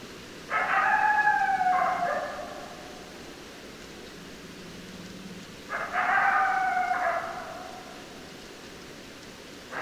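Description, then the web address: Coyote howls: two sustained harmonic notes lasting over a second each, about five seconds apart, with a brief third note starting at the end. Several coyotes, recorded 10 December 2012. "Coyote 2012 12 10 Coyotes 03"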